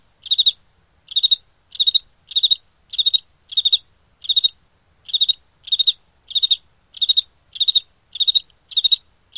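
Cricket calling with bright pulsed chirps, each a cluster of three or four clicks, repeated around every half second with a short gap midway.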